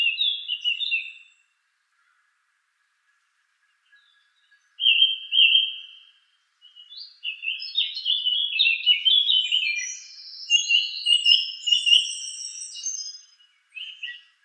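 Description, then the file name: Song thrush singing, a brief high warbled phrase, a pause, then a sustained whistle followed by a long run of varied high, scratchy and whistled notes. "suara-kicauan-burung-song-thrush 7-omkicau"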